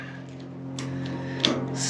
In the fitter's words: snaps in the the place